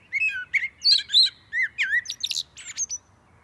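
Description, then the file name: Common blackbird song: low fluted whistles mixed with high squeaky twitters, delivered as a quick string of short notes with brief gaps. "Turdus merula"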